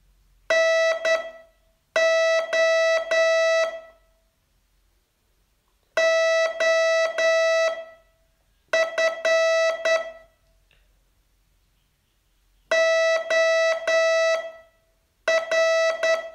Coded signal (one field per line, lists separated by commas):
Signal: Morse code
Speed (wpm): 10 wpm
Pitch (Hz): 650 Hz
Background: music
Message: NO OF OR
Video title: Learn Morse in 42 Days from VU2LAU - day 36 test